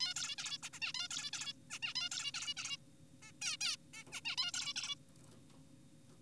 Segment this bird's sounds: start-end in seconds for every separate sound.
0.00-0.14, 0.16-0.36, 0.38-0.58, 0.63-0.69, 0.73-0.80, 0.82-0.92, 0.94-1.08, 1.11-1.30, 1.33-1.53, 1.70-1.79, 1.83-1.94, 1.96-2.09, 2.12-2.32, 2.34-2.54, 2.57-2.77, 3.22-3.32, 3.42-3.57, 3.61-3.77, 3.94-4.04, 4.12-4.21, 4.25-4.36, 4.38-4.52, 4.54-4.74, 4.76-4.96